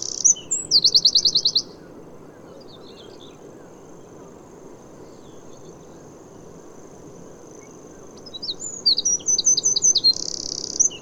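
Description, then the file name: Eurasian wren song: a short, rapid high trill, then a long quiet pause, then another burst of quick, high, chattering notes and trills. "Troglodytes troglodytes"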